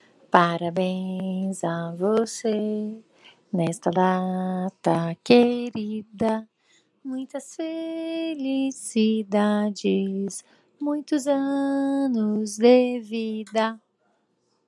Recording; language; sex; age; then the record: short text; Brazilian Portuguese; female; 40 to 49 years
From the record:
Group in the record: control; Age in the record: 40 years